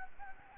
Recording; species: mosquito wingbeat signal from an infrared sensor; Anopheles gambiae